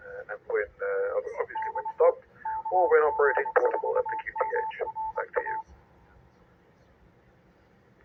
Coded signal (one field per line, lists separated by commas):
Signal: Morse code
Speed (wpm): 23 wpm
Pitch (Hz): 880 Hz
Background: speech, radio noise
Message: D KG4MRA